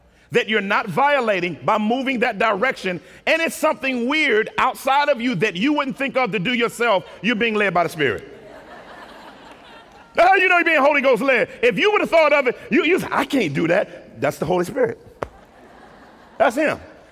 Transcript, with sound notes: that you're not violating by moving that direction, and if it's something weird outside of you, that you wouldn't think to do yourself, you're being led by the Spirit. [laughter] How do you know you're being Holy Spirit led? If you would have thought of it, you would think, I can't do that! That's the Holy Spirit! That's Him!